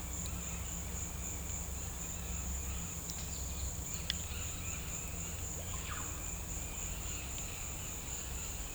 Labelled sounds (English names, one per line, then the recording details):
none
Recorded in pastures near Puerto Asís, Putumayo, Colombia, on 20 December 2024 at 15:30
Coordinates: 0.472, -76.329
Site G072